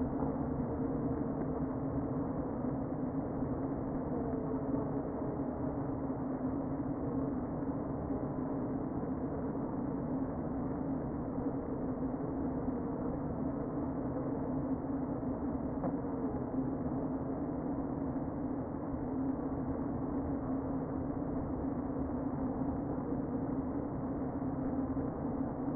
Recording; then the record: honeybee colony, microphone inside the hive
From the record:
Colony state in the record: queen present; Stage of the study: before two queens were removed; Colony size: about 60,000 bees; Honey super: yes